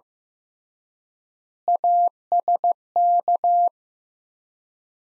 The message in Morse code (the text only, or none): ASK